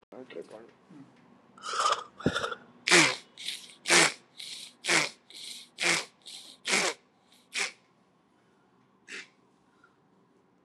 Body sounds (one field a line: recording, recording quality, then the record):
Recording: shallow breathing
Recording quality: excellent, no background noise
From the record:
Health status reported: exposed to COVID-19, no respiratory illness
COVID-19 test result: negative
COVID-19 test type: RT-PCR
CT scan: taken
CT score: 12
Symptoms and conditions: cold, hypertension, diabetes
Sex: male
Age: 76 years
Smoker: no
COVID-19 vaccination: both doses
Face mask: worn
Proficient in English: yes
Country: India